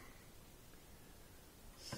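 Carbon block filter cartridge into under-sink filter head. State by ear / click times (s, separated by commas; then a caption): not seated / none. A new blue carbon block filter cartridge is held and lined up under an under-sink filter head before being pushed up. Low, steady handling noise runs through the clip, with a brief louder rustle near 1.9 s. The cartridge has not seated or clicked yet.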